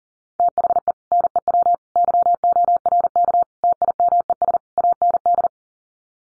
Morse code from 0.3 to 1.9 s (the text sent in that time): THE NEW